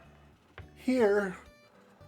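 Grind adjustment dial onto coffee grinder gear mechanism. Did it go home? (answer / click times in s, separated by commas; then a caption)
yes / 0.6 s. The back of the grind-adjustment dial on a Eureka Mignon Zero coffee grinder is pressed fully down onto the gear mechanism after the single-dose hopper has been screwed down. A sharp tick-like click sounds at 0.6 s as the gears engage and the dial seats in place, and then someone talks.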